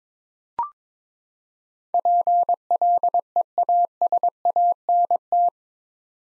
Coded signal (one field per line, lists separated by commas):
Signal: Morse code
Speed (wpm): 22 wpm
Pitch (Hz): 700 Hz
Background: none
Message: PLEASANT